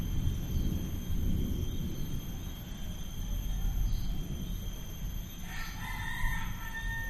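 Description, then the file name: Chicken: rooster gives a ringing harmonic crow that wavers then holds level, heard over deep rumbling background and a constant high insect tone. Rural ambience with chickens and insects as a thunderstorm approaches, Bali, Indonesia. "nature rural ambience pigs chickens birds insects approaching thunderstorm bali indonesia"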